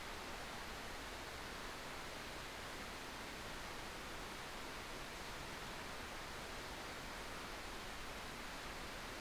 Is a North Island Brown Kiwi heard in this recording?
no